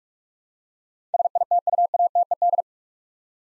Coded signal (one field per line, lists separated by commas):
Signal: Morse code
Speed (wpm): 47 wpm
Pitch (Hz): 700 Hz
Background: none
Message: SITUATED